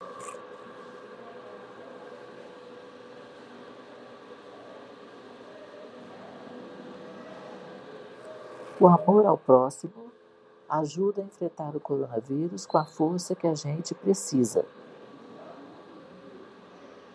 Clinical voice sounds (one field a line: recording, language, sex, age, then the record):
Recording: spoken sentence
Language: Brazilian Portuguese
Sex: female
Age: 50 to 59 years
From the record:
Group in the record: control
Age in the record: 58 years